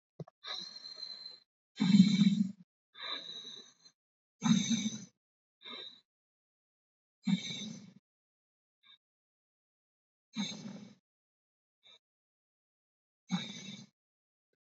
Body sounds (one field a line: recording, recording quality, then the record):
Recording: deep breathing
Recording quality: excellent, no background noise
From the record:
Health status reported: COVID-19 positive, mild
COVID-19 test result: positive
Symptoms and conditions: cough, cold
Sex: male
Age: 26 years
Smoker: not ticked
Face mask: not worn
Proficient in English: yes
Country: India